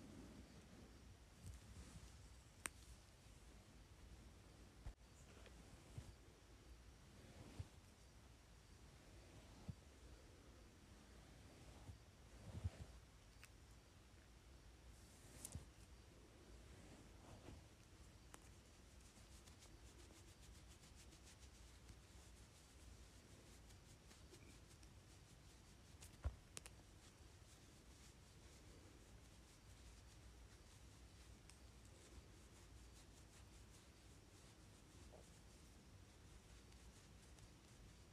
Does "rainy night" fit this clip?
no